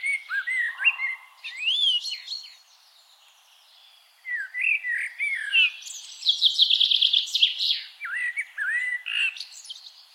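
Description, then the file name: Eurasian blackbird song with flowing, fluty whistled notes that dip and rise, breaking into bursts of shrill, chattering high twitters, then a pause and another long warbled phrase. "Turdus merula"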